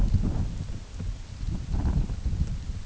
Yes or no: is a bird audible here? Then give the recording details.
no. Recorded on Arctic tundra, site UTQI-8, on 16 June 2019. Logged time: 20:00